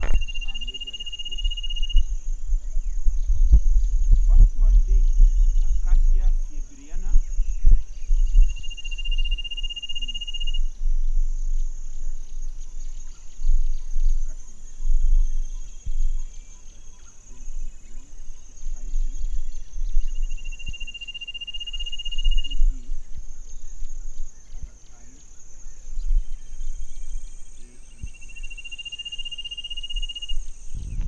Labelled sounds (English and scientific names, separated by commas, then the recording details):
Trilling Cisticola (Cisticola woosnami)
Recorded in Lake Mburo, Uganda